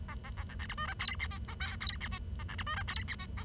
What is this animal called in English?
Bengalese Finch